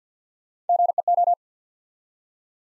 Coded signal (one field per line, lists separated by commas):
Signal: Morse code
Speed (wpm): 51 wpm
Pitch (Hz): 700 Hz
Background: none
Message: GEO